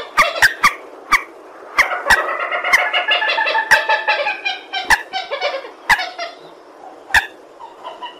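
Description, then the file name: Purple swamphen honking in a stuttering run of nasal notes, with sharp clicks spaced through it. "tieng trich re keu"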